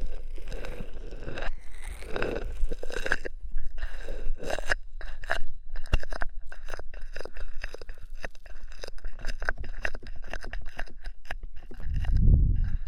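Ear massage with oil and foam: dense, crackly squishing and scratchy rubbing that runs the whole time in quick, irregular bursts. The sound stays bright and crisp, with softer swishes early on and a deep, heavy thump around twelve seconds.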